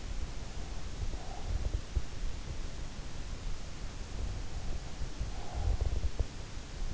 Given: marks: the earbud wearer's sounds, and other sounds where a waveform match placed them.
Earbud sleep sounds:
sounds in sleep by an in-ear microphone; breath
0.78-2.47 s: breath
4.93-6.47 s: breath

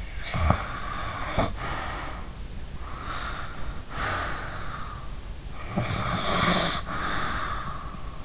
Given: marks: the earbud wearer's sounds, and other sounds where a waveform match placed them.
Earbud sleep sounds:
sounds in sleep by an in-ear microphone; snoring breath, breath
0.09-2.43 s: snoring breath
2.71-5.19 s: breath
5.50-8.25 s: snoring breath

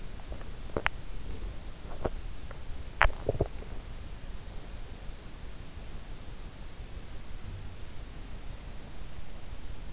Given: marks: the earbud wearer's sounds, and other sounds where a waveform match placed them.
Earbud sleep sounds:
sounds in sleep by an in-ear microphone; teeth grinding
0.00-3.79 s: teeth grinding

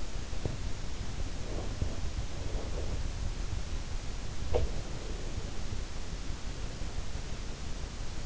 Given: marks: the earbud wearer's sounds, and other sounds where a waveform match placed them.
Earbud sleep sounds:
sounds in sleep by an in-ear microphone; body movement
0.29-3.44 s: body movement
4.39-4.91 s: sound from someone else or the room

